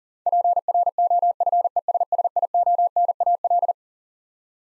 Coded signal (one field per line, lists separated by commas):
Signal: Morse code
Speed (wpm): 40 wpm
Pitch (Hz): 700 Hz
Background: none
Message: PROFESSIONAL